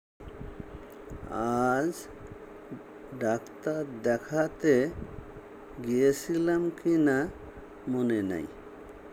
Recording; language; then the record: elicited speech; Bengali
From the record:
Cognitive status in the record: dementia